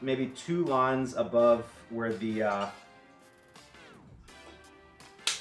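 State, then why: Seated. A plastic shelf-support clip is fitted onto a metal pole of a storage shelf at the marked height while someone talks over quiet music. After a few soft handling sounds, the clip clicks into place with a sharp click at 5.3 seconds and is seated.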